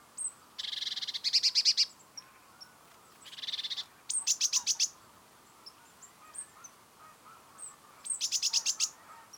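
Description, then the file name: Great tit calls: buzzy churring bursts followed by rapid runs of harsh rasping notes, with faint high ticks in between. "Parus major"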